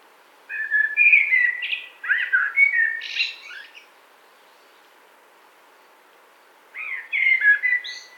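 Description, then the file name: Common blackbird singing a rich warbled phrase of low flutes followed by a scratchy high flourish, then silence before another phrase begins near the end. "CHyornyj drozd - Turdus merula"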